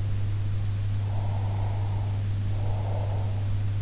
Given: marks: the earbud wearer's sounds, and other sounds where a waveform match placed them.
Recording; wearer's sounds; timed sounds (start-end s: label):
sounds in sleep by an in-ear microphone; breath
0.83-3.46 s: breath